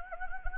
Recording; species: mosquito wingbeat signal from an infrared sensor; Anopheles gambiae